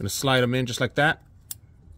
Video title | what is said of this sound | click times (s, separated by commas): DONT Struggle: Simple Steps to Replace Your Honda Civic Starter! | ah good satisfying click that's there and we're gonna | 1.5 s